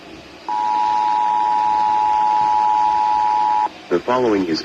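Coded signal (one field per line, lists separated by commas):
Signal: Emergency Alert System (SAME) tones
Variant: 853 and 960 Hz attention tone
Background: speech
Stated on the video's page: Real required weekly test EAS tones.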